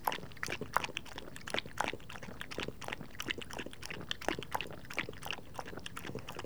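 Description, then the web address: Dog lapping water, a rapid continuous series of wet splashing laps throughout. Dog lapping water, recorded close up. "BBC Sound Effects Library. Dog Lapping Water - Close Perspec"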